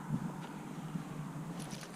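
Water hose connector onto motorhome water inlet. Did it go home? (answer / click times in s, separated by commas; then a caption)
no / none. A water hose connector is handled at a motorhome's water inlet, being pushed onto the fitting and turned, with low steady rumble and faint scraping and rustling throughout. Nothing has seated or clicked yet by the end of the clip.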